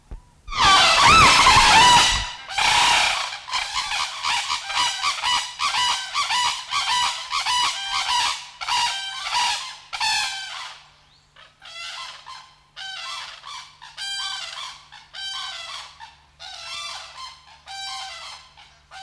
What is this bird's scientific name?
Grus japonensis